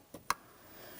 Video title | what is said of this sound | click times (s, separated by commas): How to Replace Coolant Reservoir 2007-2014 GMC Sierra 2500 HD | We'll press it in and listen for an audible click. | 0.3 s